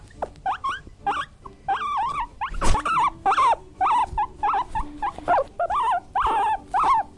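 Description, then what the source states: Guinea pig squealing: a fast run of high, wavering squeaks, some rising and falling, repeated nearly twice a second with short gaps. Angry.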